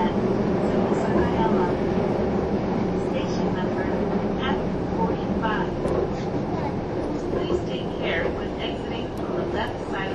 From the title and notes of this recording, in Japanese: 近鉄16000系 吉野特急4508レ 01/01:吉野～大阪阿部野橋。This is the train running sound (still image) of the ``Yoshino Express''。列車走行音。